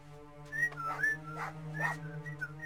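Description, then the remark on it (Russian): At dusk, a man whistles a few short, bright, upward-sliding notes to call his small white dog with a black muzzle, the chirps spaced unevenly over a low, steady hum. “И, свистнув своей собачонке белой с черной мордой, человек скрылся в сумерках наступающей ночи.”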